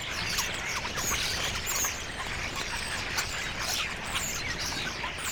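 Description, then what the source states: Flock of common starlings babbling: crowded squeaks, clicks and sharp high whistles overlapping continuously. A flock of starlings; recording by Fred Jüssi.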